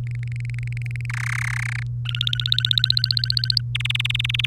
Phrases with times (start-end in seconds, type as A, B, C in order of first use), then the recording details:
0.03-1.06 A, 1.09-1.83 B, 2.05-3.61 C, 3.75-4.46 D. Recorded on 3 May 2018 at 08:36. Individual llb3